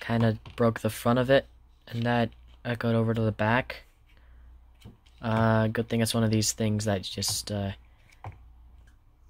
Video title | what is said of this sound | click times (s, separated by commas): it broke | yeah that just kind of clicked back into place | 8.2 s